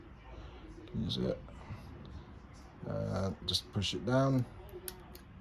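The last carbon brush is pushed down into the brush holder of a Honda CR-V Mk3 / Civic Mk8 front wiper motor during a rebuild while someone talks. A sharp click at 4.9 s marks the brush seating into place.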